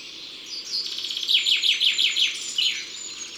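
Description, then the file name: Common chaffinch singing one crisp phrase, a run of repeated downslurred notes followed by a quick terminal flourish, with a quiet steady hiss behind. Recorded in the Drôme, France. "Pinson des arbres Concerts Naturels de la Drome Studio les Trois Becs"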